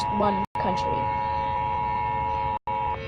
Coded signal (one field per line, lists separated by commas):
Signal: Emergency Alert System (SAME) tones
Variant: 853 and 960 Hz attention tone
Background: speech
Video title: Reacting To Rising Heat 10th Anniversary Eas!!!!!